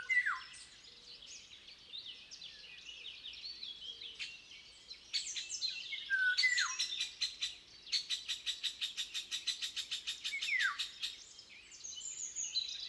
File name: Oropendola europea Oriolus oriolus